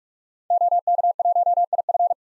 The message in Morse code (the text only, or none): OK1IF